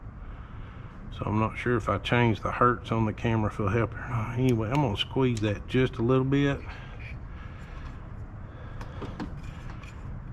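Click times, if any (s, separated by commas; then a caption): 9.2 s. Someone talks, then the spark plug wire boot, its metal clip squeezed slightly, is pushed onto the spark plug terminal of a push mower engine. A few faint, sharp clicks follow, and the boot clicks into place at 9.2 seconds, seated on good and tight.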